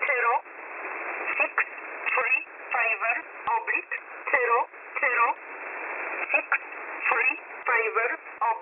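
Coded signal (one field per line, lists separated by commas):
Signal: numbers station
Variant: E11 Oblique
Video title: E11 Oblique 01/11/2022 0715 UTC 9130kHz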